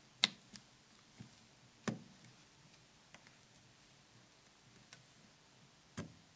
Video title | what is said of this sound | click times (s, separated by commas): 9300i_video_assembly_high_Ketnoivip.Net | Place the unit in the Z cover assembly and click all the snaps into place. | 0.2 s, 1.9 s